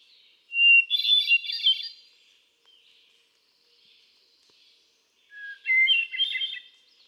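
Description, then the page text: Hermit thrush sings two separate phrases about five seconds apart, each a whistle leading into a swirl of fluty notes; faint sounds between. Male singing, cycling through a repertoire of about ten different songs; 13 June 2006, Quabbin Park, Ware, Massachusetts. "Birdsong for the Curious Naturalist. Hermit thrush. A truly gifted and inspiring songster. Can you hear how he cycles through his repertoire of about ten different songs? June 13, 2006. Quabbin Park, Ware, Massachusetts"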